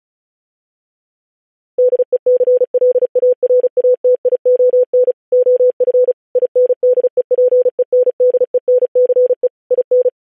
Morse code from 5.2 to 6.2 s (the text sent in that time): OF